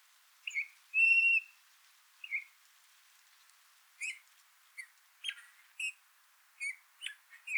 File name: Pyrrhula pyrrhula